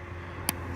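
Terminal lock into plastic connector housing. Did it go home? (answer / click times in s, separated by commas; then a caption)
yes / 0.5 s. On a Toyota Supra Twin Turbo, the plastic terminal-position lock on a freshly repinned connector is pushed down into the plastic connector housing. A single short, sharp snap is heard at 0.5 s over a steady low hum and faint background noise. The lock snaps shut and is seated.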